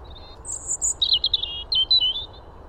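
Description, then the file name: European robin song: faint high notes, a shrill warbled whistle, then liquid descending trills and wavering phrases. "Erithacus rubecula"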